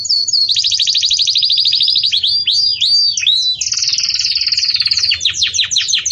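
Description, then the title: Belgian canary song: a long rolling high trill, a few looping whistled notes, then another buzzy trill and a run of descending notes. Belgian canary song described as bell-like ('campainha'), used for training chicks ('encarte de filhotes'). "Belíssimo Canto Do Canário Belga Campainha Para Encarte De Filhotes"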